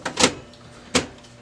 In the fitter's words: going to carefully by holding it by the green handle slide it back inside the printer and make sure it clicks all the way into place